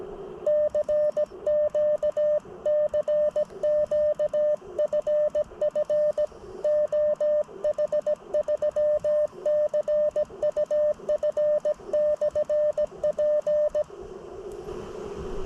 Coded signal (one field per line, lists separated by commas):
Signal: Morse code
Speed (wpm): 17 wpm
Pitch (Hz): 600 Hz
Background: none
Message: CQ CQ FF OH3CUF/P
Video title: WWFF HAM Radio Activation - Halimasjärvi 21.7.2024 (OHFF-0268) - CW / Morse Code